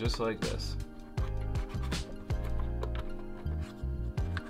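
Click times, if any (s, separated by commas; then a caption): none. A plastic SD card is being handled at the card slot of a Roland TD-27 electronic drum module, with music playing and someone talking. The card has not yet been pushed home, and nothing has seated or clicked in the spring-loaded slot yet.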